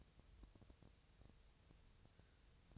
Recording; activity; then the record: daily activity, microphone in the room; take from stove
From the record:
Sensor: 2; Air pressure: 999.2 hPa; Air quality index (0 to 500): 195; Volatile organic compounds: 27 ppm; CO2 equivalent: 2883 ppm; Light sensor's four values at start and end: 6/15/6/6 and 6/15/6/6